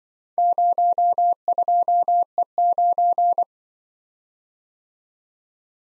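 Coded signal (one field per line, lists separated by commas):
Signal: Morse code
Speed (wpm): 24 wpm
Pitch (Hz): 700 Hz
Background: none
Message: 02E9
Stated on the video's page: Computer-generated Morse practice of four-character letter-number groups in Speed-Racing format, starting fast and slowing to a 20 wpm base; fastest speed is 1.5x the slowest.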